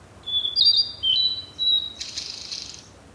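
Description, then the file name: Blue-and-white flycatcher singing a short phrase of high, clear whistles with slight pitch steps, finished by a rough buzzy trill. "oruri"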